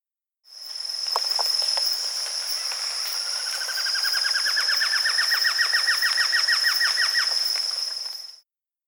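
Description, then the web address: Common paradise kingfisher calling, a fast series of short notes rising in pitch, then levelling off before stopping abruptly, over a constant high-pitched insect whine. Recorded in Indonesia. "ULM-DS-Lab indonesian-bird-sounds. Tanysiptera galatea"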